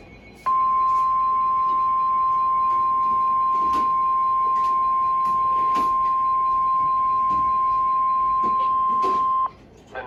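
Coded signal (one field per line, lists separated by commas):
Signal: Emergency Alert System (SAME) tones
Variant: 1050 Hz attention tone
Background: speech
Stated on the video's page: Received from the NOAA weather radio station at Columbus, Ohio.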